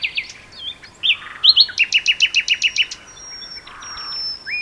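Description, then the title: Common nightingale song: a rich phrase opening with varied notes, then a fast run of about ten loud repeated chirps, followed by a long pure whistle and softer notes. Two nightingales singing in a duet on Westleton Heath. "sanderson. nightingale duet on westleton heath"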